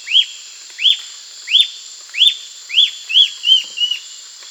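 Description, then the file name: Bird calling in a series of eight short, sharply arched whistled notes, the last few flatter and softer, over steady high hiss. "SABIOD 50 bird 2015"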